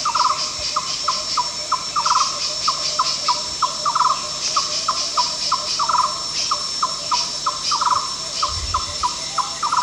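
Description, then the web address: Yellow-crowned barbet calling, a long series of hollow, evenly spaced tok notes with occasional quick trilled bursts, over a steady high insect hiss. At Danum on 1 July 2008. "DANUM 20080701. yellow-crowned barbet"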